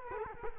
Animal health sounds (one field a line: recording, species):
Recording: mosquito wingbeat signal from an infrared sensor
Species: Culex quinquefasciatus